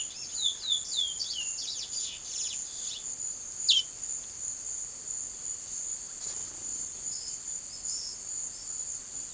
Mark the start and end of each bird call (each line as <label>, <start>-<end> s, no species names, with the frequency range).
bird call (2.0-6.6 kHz), 0.00-3.09 s
bird call (2.3-6.1 kHz), 3.63-3.97 s
bird call (4.0-6.0 kHz), 7.08-9.34 s